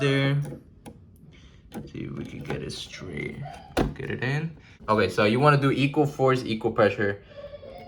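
A memory module (RAM stick) is being lined up and pressed with equal force into a motherboard DIMM slot while someone talks. A couple of faint short ticks come near the start. Nothing has seated or clicked yet, and the retention clips have not snapped shut by the end.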